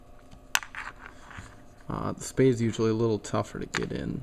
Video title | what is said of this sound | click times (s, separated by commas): Remove 56 Series Terminals From The Connector - StreetRodElectrics.com | you'll hear a click once it's in | 0.5 s